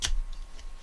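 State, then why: Not seated. A Thorfire bike light (BL09, BL12 or BL15 series) is handled as it slides onto its plastic handlebar mount, with a brief rustle at the start and a few faint ticks. Nothing has seated or clicked yet; the light is not yet latched home.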